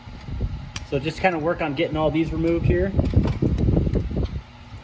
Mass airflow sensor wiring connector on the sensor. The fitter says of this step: just push down on this tab and pull back sometimes if you push on the tab you'll hear a click